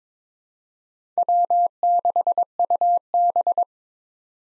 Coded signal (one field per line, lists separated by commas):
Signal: Morse code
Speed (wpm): 21 wpm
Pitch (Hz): 700 Hz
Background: none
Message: W6UB